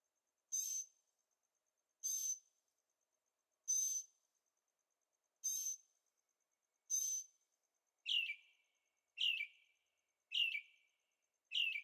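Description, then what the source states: Bird calls: several short, hissy bursts spaced about one and a half seconds apart, then a run of bright, falling chirps near the end. Birds singing at night in Carefree, Arizona; recorded on a Zoom H6 with stereo microphones.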